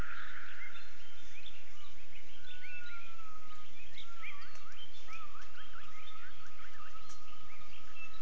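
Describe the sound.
Gibbon calls: a run of short, whooping notes that sweep up and down, repeating quickly over a steady high hum.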